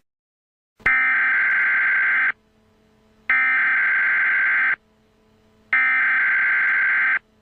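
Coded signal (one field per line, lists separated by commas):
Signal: Emergency Alert System (SAME) tones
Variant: header bursts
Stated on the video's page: Fictional analog horror EAS hurricane alert.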